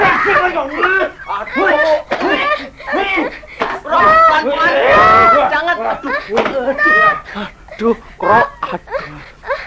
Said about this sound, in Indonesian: Baiklah, kukatakan. Tapi jangan cambuk lagi kamu.